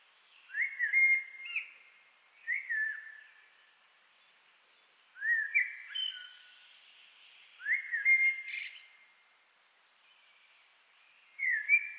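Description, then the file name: Common blackbird singing several whistled song phrases separated by pauses over a quiet background. "Turdus merula"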